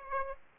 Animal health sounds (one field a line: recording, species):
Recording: mosquito wingbeat signal from an infrared sensor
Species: Aedes aegypti